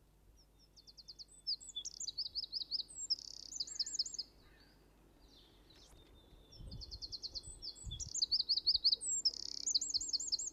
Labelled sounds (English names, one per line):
Eurasian Wren song